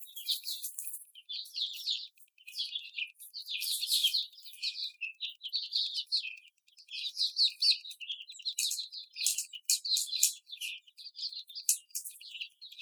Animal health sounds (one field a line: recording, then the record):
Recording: young laying hens in a cage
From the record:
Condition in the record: after the stressor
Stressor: simulated dog barking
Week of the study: 4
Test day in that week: 2